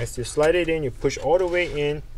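A slim optical drive is being slid into its bay on the front of an HP Desktop TP01 1050 PC while someone talks. The drive has not yet been pushed all the way in, and nothing has seated or clicked yet. A short sharp sound comes at the very end, near 2.2 s.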